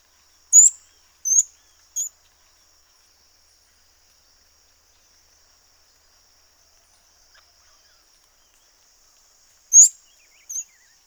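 Orinoco piculet calling with short, piercing high notes, three in quick succession, then a long silence before two more, a faint thin hum underneath.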